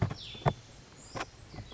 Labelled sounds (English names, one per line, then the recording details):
Cassin's Vireo
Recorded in Sonoma County, California